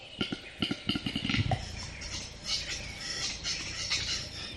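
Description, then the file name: Western capercaillie display song: dry clicks speeding up into a roll, a hollow popping note, then a hissing, scraping phrase. "audio hero Bird Capercaillie"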